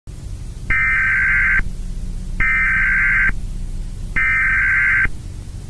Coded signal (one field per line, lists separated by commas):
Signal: Emergency Alert System (SAME) tones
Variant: header bursts